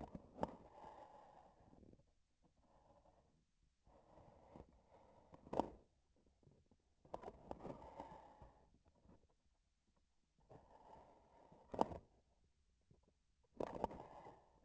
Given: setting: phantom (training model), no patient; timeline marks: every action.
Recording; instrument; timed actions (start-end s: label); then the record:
laparoscopic instrument, vibration sensor on the handle end; grasping forceps
0.00-0.66 s: releasing tissue
5.37-5.93 s: grasping tissue
7.03-7.83 s: releasing tissue
11.61-12.12 s: grasping tissue
13.45-13.98 s: releasing tissue
From the record:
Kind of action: gesture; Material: synthetic tissue